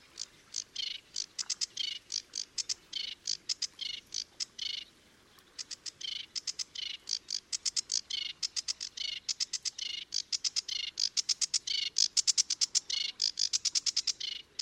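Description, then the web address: Sedge warbler song in varied bursts of grating chatter and rising slurred notes, with a short pause around five seconds before the rapid phrases resume. "chant didier collin phragmite des joncs"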